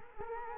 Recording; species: mosquito wingbeat signal from an infrared sensor; Culex quinquefasciatus